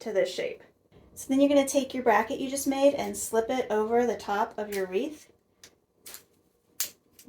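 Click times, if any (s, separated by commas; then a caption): 6.8 s. A bent copper pipe-strap bracket is slipped over the top of a copper tubing hoop wreath while someone talks. After the talking stops, a few light handling taps are heard, and then a sharp snap at 6.8 seconds as the bracket seats onto the hoop.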